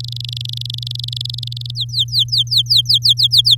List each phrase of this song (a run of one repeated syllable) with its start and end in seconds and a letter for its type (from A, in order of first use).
0.00-1.71 A, 1.75-3.55 B